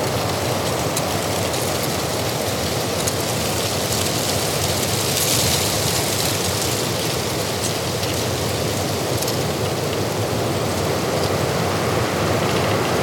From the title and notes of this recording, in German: Natur - Hochgern im Chiemgau. Aufnahme vom Hochgern bei Wind und Wetter.